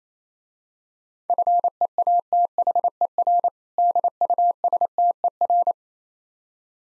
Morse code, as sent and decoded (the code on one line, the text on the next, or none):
..-. . .- - .... . .-. / -.. ..- ... - . .-.
FEATHER DUSTER